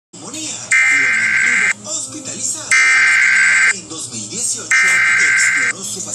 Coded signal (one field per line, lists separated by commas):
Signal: Emergency Alert System (SAME) tones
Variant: header bursts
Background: speech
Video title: EAS #77 Severe Thunderstorm Warning on KALT-FM